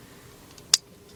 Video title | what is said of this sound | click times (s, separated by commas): Volkswagen Jetta Beetle KEY WILL NOT TURN Ignition Lock Cylinder Housing Replacement | it will snap right into place. Perfect. | 0.7 s